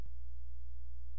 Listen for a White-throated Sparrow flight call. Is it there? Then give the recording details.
no. No flight call is heard. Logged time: 00:13 on 16 September 2014